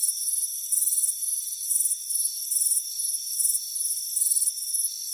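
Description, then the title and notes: Crickets chirping in quick pulsed bursts, high and shrill, over a steady high whining drone. Warm afternoon on a front porch. "Soothing Crickets Chirping Sound. It's a warm afternoon as you relax in a hammock on the front porch. Relax and fall asleep to the soothing sound of chirping crickets. Deep Sleep Sounds"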